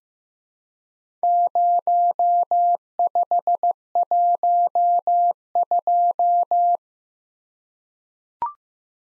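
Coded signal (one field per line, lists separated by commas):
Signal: Morse code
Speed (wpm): 15 wpm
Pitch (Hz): 700 Hz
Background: none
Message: 0512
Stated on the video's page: Morse practice at 15 wpm of random four-character letter-number groups, each sent twice.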